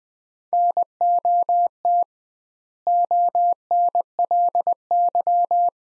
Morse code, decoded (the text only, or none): NOT ONLY